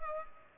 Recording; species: mosquito wingbeat signal from an infrared sensor; Culex pipiens